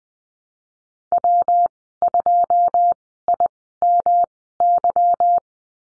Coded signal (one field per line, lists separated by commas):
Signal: Morse code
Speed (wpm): 20 wpm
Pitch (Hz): 700 Hz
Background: none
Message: W2IMY